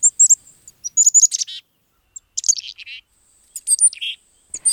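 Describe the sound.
Chickadee giving high, thin chips and twittering notes in scattered bursts, with quiet gaps between them.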